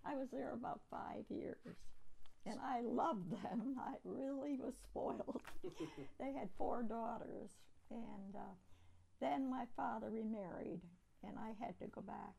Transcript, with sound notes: I was there about five years and I loved them. I really was spoiled. [Laughs] They had four daughters. And then my father re-married and I had to go back.